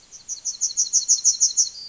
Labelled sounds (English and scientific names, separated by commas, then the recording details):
Yellowhammer (Emberiza citrinella) song
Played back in forest
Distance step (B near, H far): C
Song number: 038